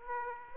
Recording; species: mosquito wingbeat signal from an infrared sensor; Aedes aegypti